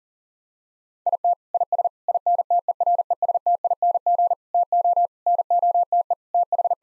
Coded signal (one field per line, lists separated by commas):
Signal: Morse code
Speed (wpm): 40 wpm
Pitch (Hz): 700 Hz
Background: none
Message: IT IS INTERESTING TO NOTE TH